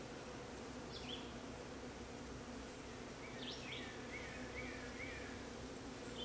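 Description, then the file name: Bees droning steadily at low pitch, joined by a few bird chirps and a short run of whistled notes in the second half. Bees in a crepe myrtle, 30 June 2022, 9:45 am. "Bees worshiping Christ in Crepe Myrtle 6-30-22 9 45 am"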